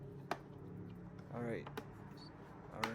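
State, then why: Seated. A plastic cover is pushed all the way back onto the smart junction box of a 2006–2009 Ford Fusion, part of fixing front turn signal blinkers that don't work because of a smart junction box malfunction. A sharp click at 0.3 s marks the cover seating fully. Someone talks afterward.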